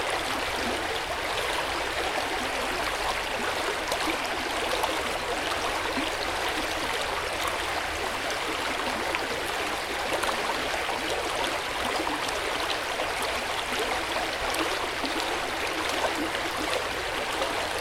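A powerful river rushes steadily throughout, a dense, unbroken wash of churning water centered in the mid and upper range with little low rumble. The flow stays even from start to finish, with fine splashing texture but no distinct bird calls standing out.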